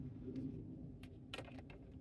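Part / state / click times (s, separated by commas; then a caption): irrigation connector into main feeder pipe / seated / 1.3 s. A plastic drip-irrigation spike connector is pushed into a hole punched in the main plastic feeder pipe over a steady low rumble, with faint short ticks around 1.0 s and 1.7 s. It snaps into place with a sharp click at 1.3 s, seating the connector in the main pipe.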